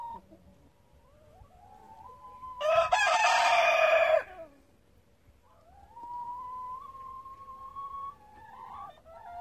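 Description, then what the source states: Chicken calls: a loud, harsh rooster crow lasting under two seconds in the middle, framed by drawn-out, slightly rising tonal hen notes before and after. Domestic chickens in a henhouse, with a rooster present.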